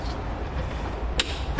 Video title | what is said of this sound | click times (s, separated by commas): Install: T-One Vehicle Wiring Harness with 4-Pole Flat Trailer Connector on a 2014 Dodge Charger | can plug it in to our converter box making sure it locks into place | 1.2 s